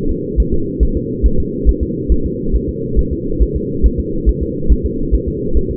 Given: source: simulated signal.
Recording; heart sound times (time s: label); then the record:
fetal heart sounds
0.11 s: S2
0.40 s: S1
0.54 s: S2
0.83 s: S1
0.97 s: S2
1.26 s: S1
1.40 s: S2
1.69 s: S1
1.83 s: S2
2.12 s: S1
2.26 s: S2
2.55 s: S1
2.69 s: S2
2.99 s: S1
3.13 s: S2
3.42 s: S1
3.56 s: S2
3.86 s: S1
3.99 s: S2
4.29 s: S1
4.43 s: S2
4.72 s: S1
4.85 s: S2
5.14 s: S1
5.28 s: S2
5.57 s: S1
5.71 s: S2
From the record:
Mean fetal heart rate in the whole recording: 140 bpm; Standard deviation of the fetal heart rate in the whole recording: 2 bpm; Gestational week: 34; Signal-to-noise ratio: -8.1 dB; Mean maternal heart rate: 72 bpm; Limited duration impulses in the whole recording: absent